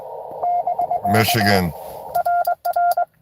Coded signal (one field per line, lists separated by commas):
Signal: Morse code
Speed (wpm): 24 wpm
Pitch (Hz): 690 Hz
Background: speech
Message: <BK> RR